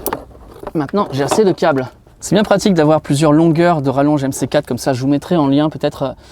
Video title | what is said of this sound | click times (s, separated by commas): J'ai enfin terminé mon installation solaire ! Tuto installation rapide et facile . | Hop, ça fait clic. | 0.1 s